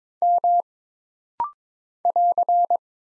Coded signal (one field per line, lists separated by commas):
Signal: Morse code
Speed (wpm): 22 wpm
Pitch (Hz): 700 Hz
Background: none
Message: M <AR>